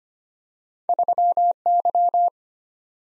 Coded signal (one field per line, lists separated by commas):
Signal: Morse code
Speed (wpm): 25 wpm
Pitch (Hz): 700 Hz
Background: none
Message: 3Y